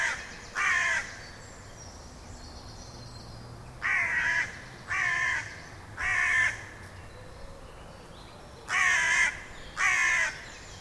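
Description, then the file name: Carrion crow giving harsh, hoarse caws, one early call then spaced runs of two to three, six calls in all, over a quiet steady background. "Corvus corone"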